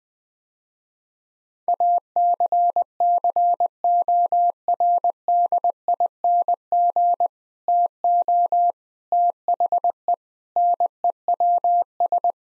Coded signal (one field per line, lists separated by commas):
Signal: Morse code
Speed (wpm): 21 wpm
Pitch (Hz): 700 Hz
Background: none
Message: ACCORDING TO THE NEWS